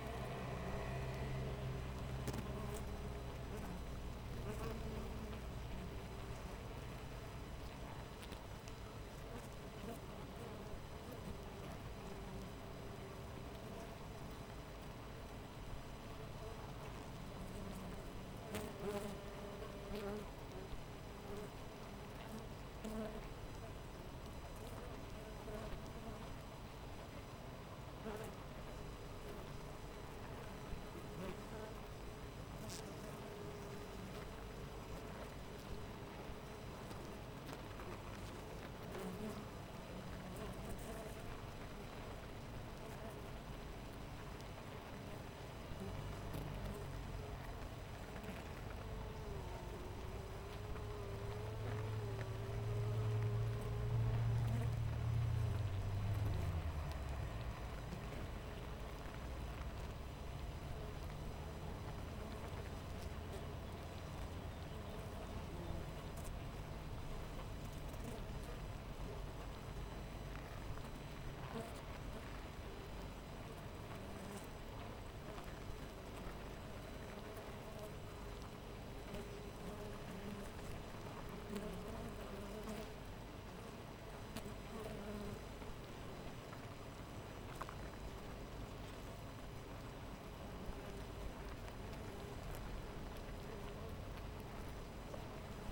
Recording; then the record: honeybee colony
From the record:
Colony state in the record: missing queen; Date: 14 July 2017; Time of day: 6:54